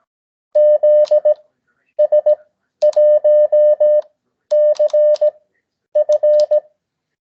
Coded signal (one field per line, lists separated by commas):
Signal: Morse code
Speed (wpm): 17 wpm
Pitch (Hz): 590 Hz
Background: none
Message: ZS1CF